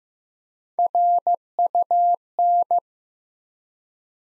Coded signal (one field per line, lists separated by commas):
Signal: Morse code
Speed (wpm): 15 wpm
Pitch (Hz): 700 Hz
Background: none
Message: RUN